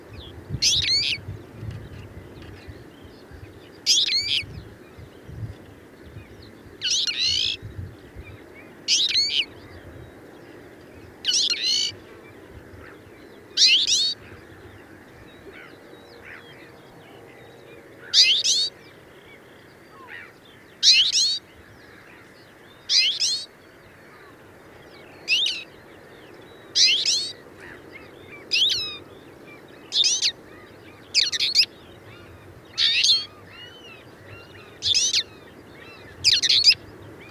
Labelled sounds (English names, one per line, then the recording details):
Twite song
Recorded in captivity
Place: Trent, Insel Rügen, Mecklenburg-Vorpommern, DE
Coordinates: 54.534, 13.303
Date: 1976-05-09
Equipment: Nagra III BH, Sennheiser MD 21, parabola
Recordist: Schubert, Michael